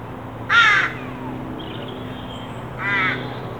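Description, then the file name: Carrion crow giving two rough caws a little over two seconds apart, the first louder, over a low steady hum. "Corvus corone"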